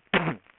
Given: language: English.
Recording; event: throat vibration sensor signal played as sound; cough